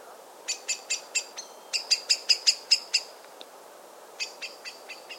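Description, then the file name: Eurasian blackbird giving sharp, clicking chink calls in quick runs, with a short pause before a fainter later series. "Turdus merula"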